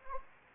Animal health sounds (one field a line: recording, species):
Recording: mosquito wingbeat signal from an infrared sensor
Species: Anopheles gambiae